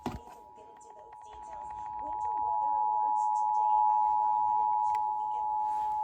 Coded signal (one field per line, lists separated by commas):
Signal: Emergency Alert System (SAME) tones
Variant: 853 and 960 Hz attention tone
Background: speech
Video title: EAS Alerts From 2/6/25 (EAS #3560-3566)